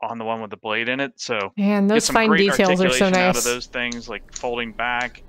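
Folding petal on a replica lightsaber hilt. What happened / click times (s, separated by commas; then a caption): Part handled but not yet seated; no click / none. A hinged petal on a replica lightsaber hilt, a plastic or metal part on the collectible hilt, is being folded back toward its resting position while someone talks throughout. Faint handling sounds sit under the voice. Nothing has seated or clicked into place yet.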